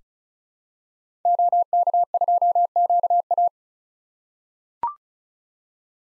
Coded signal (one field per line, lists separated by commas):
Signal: Morse code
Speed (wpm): 36 wpm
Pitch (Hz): 700 Hz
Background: none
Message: OK2QA